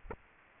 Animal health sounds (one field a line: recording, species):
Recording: mosquito wingbeat signal from an infrared sensor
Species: Aedes aegypti